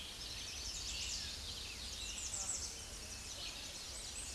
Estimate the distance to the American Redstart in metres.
about 30 m